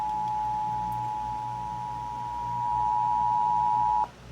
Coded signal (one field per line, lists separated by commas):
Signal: Emergency Alert System (SAME) tones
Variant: 853 and 960 Hz attention tone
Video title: EAS alerts from August 1-3, 2022, EAS 1,024-1,057